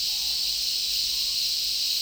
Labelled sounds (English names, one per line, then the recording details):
none
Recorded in dense forest near Puerto Asís, Putumayo, Colombia, on 21 February 2024 at 10:00
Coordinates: 0.499, -76.324
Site G6469